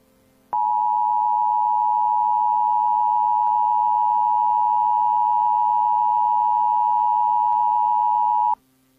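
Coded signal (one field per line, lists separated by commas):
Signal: Emergency Alert System (SAME) tones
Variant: 853 and 960 Hz attention tone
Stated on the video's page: Fictional EAS scenario.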